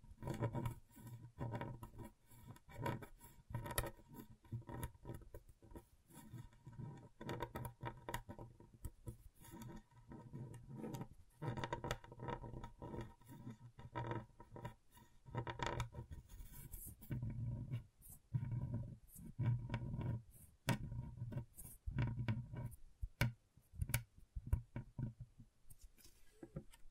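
Scratchboard being scratched, dense irregular scraping strokes with brief pauses, a low steady hum, and brighter rasping bursts around sixteen seconds.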